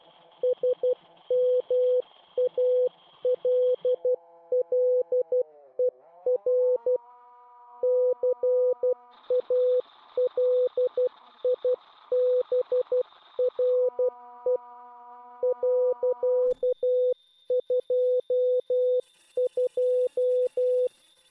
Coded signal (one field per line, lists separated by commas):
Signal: Morse code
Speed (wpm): 12 wpm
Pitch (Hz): 500 Hz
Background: none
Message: SMALLER CALIBRE .22